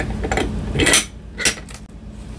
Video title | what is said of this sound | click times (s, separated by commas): 1.25 in Button Pin Badge Machine from Amazon unboxing and Review 💜🦇💜 | and it just clicks right into place that was easy so | 0.8 s, 0.9 s